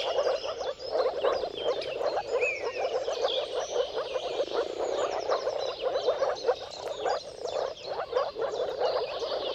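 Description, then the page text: Steady moor frog chorus of low gurgling pulses from many callers, with a mix of birdsong, whistles and chirps above. Chorus of moor frogs giving mating calls at sunrise, at the turn of March and April depending on the weather. "Dawn’s Chorus: Mating Calls of Marsh Frogs at Sunrise. Depending on the weather at the turn of March and April, you can witness an amazing spectacle of moor frogs. earth-fm Jakub-Orzecki moor frogs"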